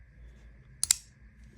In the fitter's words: so it's like two clicks there